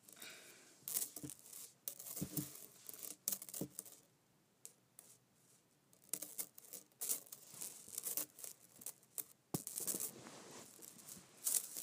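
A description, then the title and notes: A metal chain clinks and rattles in irregular bright, jangly bursts, clustered at the start and from six seconds on, with a quieter lull around four to five seconds. ASMR Metal Clinking Chain.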